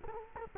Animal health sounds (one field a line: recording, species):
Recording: mosquito wingbeat signal from an infrared sensor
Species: Culex quinquefasciatus